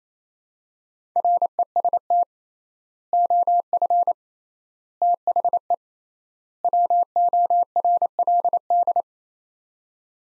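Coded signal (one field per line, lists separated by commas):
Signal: Morse code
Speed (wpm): 27 wpm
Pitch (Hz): 700 Hz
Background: none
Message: REST OF THE WORLD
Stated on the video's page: Morse practice of four-word sets at 28 wpm with 3x word spacing, a Farnsworth-like method, each set sent, spoken, then sent again.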